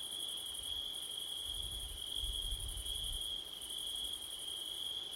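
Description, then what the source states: Crickets chirping in a steady, continuous high-pitched trill with a fainter, higher shimmer above it, over a low rumble of wind. Recorded on a September night with wind, using a Blumlein stereo microphone pair.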